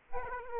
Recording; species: mosquito wingbeat signal from an infrared sensor; Aedes aegypti